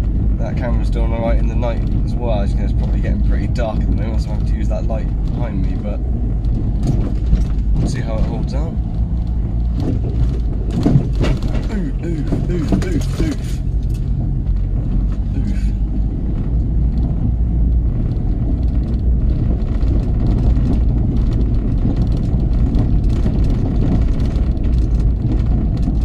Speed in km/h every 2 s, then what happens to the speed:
19, 21, 21, 21, 23, 21, 18, 19, 23, 24, 24, 24, 23.
0-12 steady at about 21. 12-17 speeds up to 24. 17-26 steady at about 24.